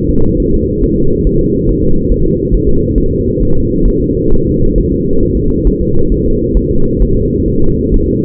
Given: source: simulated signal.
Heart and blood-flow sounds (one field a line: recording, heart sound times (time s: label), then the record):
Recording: fetal heart sounds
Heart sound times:
0.10 s: S2
0.40 s: S1
0.54 s: S2
0.84 s: S1
0.98 s: S2
1.27 s: S1
1.41 s: S2
1.69 s: S1
1.83 s: S2
2.12 s: S1
2.26 s: S2
2.54 s: S1
2.69 s: S2
2.98 s: S1
3.12 s: S2
3.43 s: S1
3.57 s: S2
3.88 s: S1
4.02 s: S2
4.33 s: S1
4.47 s: S2
4.78 s: S1
4.92 s: S2
5.23 s: S1
5.37 s: S2
5.67 s: S1
5.82 s: S2
6.12 s: S1
6.26 s: S2
6.57 s: S1
6.71 s: S2
7.02 s: S1
7.17 s: S2
7.48 s: S1
7.62 s: S2
7.94 s: S1
8.08 s: S2
From the record:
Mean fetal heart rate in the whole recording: 135 bpm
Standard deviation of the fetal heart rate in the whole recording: 3 bpm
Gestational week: 36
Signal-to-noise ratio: -17.7 dB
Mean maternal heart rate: 72 bpm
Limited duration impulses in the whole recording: present